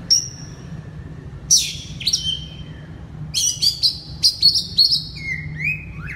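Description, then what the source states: Oriental magpie-robin: a long thin whistle, then scattered sharp notes, then a fast jumble of bright whistles and rising slurs. Loud song in the ngeplong style.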